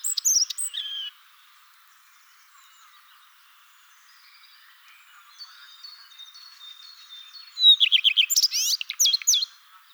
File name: Phoenicurus phoenicurus